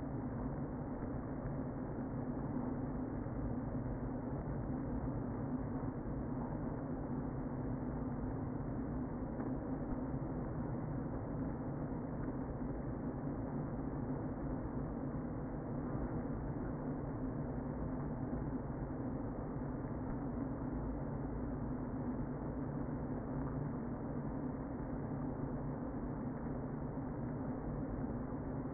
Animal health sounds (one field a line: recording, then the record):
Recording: honeybee colony, microphone inside the hive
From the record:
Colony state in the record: queen present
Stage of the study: before two queens were removed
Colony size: about 60,000 bees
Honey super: yes